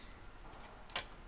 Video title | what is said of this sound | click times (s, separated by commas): disc brake hose shortening on a QX-series Disc-Brake unicycle | quite hard but suddenly it unlocks and then you can put it out of the lever with a little click | 1.0 s